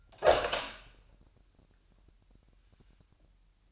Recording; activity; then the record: daily activity, microphone in the room; open door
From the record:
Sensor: 2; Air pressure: 998.3 hPa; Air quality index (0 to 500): 140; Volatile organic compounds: 4 ppm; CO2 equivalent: 1594 ppm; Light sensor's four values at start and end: 12/34/14/13 and 12/34/14/13